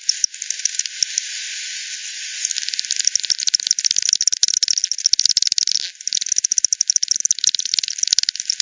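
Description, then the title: Bat echolocation calls as a dense crackle of rapid dry clicks, quiet hiss at first, then bursts of fast ticking pulses through to the end. Multiple bats by the Hogsmill River, Hogsmill Lane, 7 October 2020 at 18:10 Z; frequency-division (FD10) bat detector recording, bandpass filtered and resampled. "WW bat 20201007 T 18 : 10 Z-Hogsmill-Lane-Hogsmill-River-multiple-bats"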